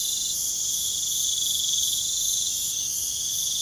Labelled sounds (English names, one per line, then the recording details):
none
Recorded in pastures near Puerto Asís, Putumayo, Colombia, on 24 June 2025 at 00:00
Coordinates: 0.497, -76.327
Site G040